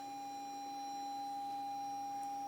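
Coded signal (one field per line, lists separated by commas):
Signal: ZX Spectrum tape loading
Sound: a steady buzzy tone around 800 Hz throughout, with a faint low hum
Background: low hum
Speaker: Podemos incluso reproducirlo ya y ver cómo qué tal Qué pinta tiene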